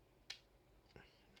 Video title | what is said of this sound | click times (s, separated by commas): nixel flame mech (infernites max alternate build) | a soft click like that, and then you turn this part down to keep it in place. | 0.3 s